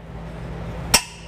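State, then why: Torque reached. A click-type torque wrench with an extension tightens the underside trailer hitch bolt under the frame rail of a 1990 Toyota 4Runner. After a low steady hum, one sharp, bright click sounds at 0.9 s. The click confirms the bolt has reached 110.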